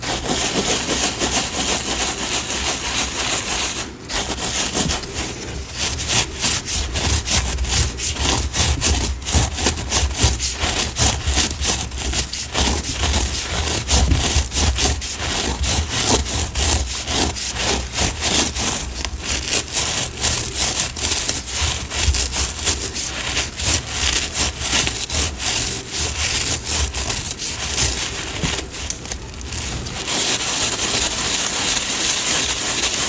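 Cornstarch and gym chalk powder are sifted and worked by hand, making a dense, steady rasping hiss with rapid scratchy strokes. The scraping stays loud throughout, pausing briefly near four seconds and settling into a smoother, even rustle after thirty seconds.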